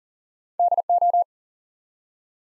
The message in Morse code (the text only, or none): DO